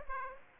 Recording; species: mosquito wingbeat signal from an infrared sensor; Aedes aegypti